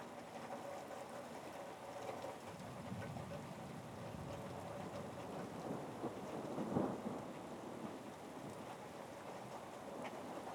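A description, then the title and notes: Thunderstorm rain and harbor waves make a steady, dense rushing wash, heaviest in the low and middle range with a faint hiss above. A brief louder surge swells around the seventh second, perhaps a wave breaking, then the even roar carries on. Martha's Vineyard Thunderstorm and Harbor Waves... Ambience.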